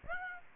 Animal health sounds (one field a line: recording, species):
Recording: mosquito wingbeat signal from an infrared sensor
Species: Aedes aegypti